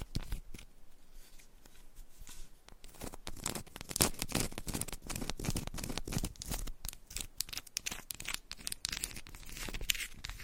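Fingers scratch and tap on a textured candle, making dense, crackly scraping with frequent sharp ticks. The rasping comes in quick, irregular bursts throughout, thinner for the first two seconds and then busier and brighter, with no pauses and no other sounds.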